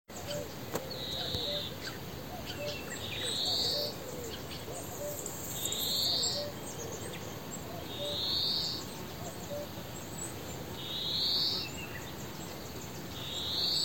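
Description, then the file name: European greenfinch giving a drawn-out, buzzy, rising wheeze, repeated six times at steady intervals of about two and a half seconds over a low background hiss. "Chloris chloris"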